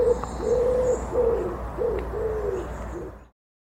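Bird giving a series of low cooing notes at an even pitch, each roughly a quarter to half a second, with faint high whistles in the background.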